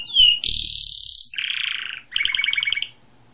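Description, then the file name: Canary song in three tours: a sliding whistle into a long high buzz, a lower rolling buzz, then a quick series of bright pulsed notes. "Canary Voice"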